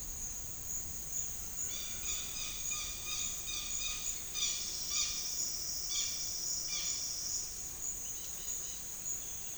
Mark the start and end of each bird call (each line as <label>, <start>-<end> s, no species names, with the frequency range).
bird call (0.7-6.3 kHz), 1.68-5.16 s
bird call (1.3-6.2 kHz), 5.89-6.19 s
bird call (0.9-6.2 kHz), 6.66-7.08 s
bird call (1.2-6.3 kHz), 8.00-8.82 s